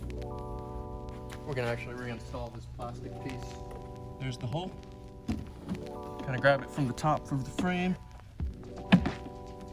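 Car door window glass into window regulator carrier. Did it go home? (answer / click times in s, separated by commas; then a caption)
yes / 8.9 s. On a BMW G80 M3 door, the window glass is grabbed from the top of the frame and lifted until its plastic mount clips onto the window regulator carrier. Someone talks over steady background music, and a small, sharp click at 8.9 s marks the glass seating and attaching to the regulator.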